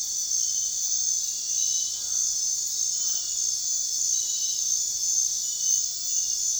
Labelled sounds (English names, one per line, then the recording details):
none
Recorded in dense forest near Puerto Asís, Putumayo, Colombia, on 23 June 2025 at 23:30
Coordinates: 0.466, -76.327
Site GP04